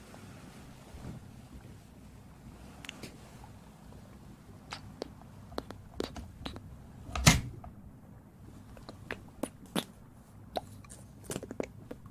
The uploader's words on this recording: ASMR Ear cleaning & Ear massage.